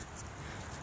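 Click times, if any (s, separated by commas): none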